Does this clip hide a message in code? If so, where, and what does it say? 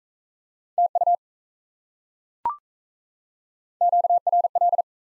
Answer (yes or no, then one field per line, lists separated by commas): yes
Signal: Morse code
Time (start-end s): 0.8-4.8 s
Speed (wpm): 37 wpm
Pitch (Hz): 700 Hz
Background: none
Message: TU QRL